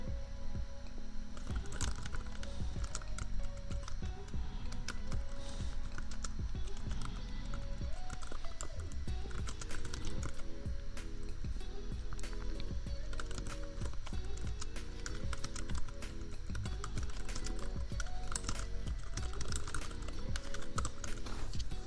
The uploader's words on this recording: Typing. No Talking. Just a lazy evening of keyboard tapping, royalty-free lofi beats, and an annoying laptop fan hum that no amount of equalizers or compressors could ever truly remove.